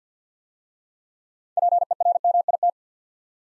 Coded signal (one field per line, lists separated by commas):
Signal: Morse code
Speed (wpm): 50 wpm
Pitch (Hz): 700 Hz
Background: none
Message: PERMIT